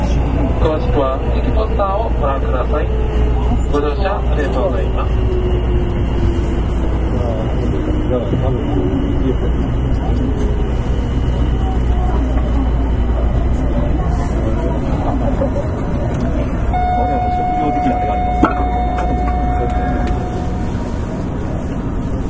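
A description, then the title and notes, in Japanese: A Kitakyu 9000 series train on the Midosuji subway line rumbles steadily, with a low drone, voices, and a tone rising and sustained near the end. 北大阪急行 9000系。大阪市営地下鉄 御堂筋線内。新大阪から中百舌鳥までです。この時もご多分にもれず多客で。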